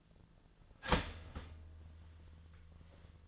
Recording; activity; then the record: daily activity, microphone in the room; start toaster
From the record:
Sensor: 4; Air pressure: 1010.2 hPa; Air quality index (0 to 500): 179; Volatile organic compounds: 5 ppm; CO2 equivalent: 1812 ppm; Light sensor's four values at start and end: 23/70/27/27 and 23/70/27/27